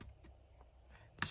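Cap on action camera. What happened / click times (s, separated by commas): The protective cap snapped back into place / 1.2 s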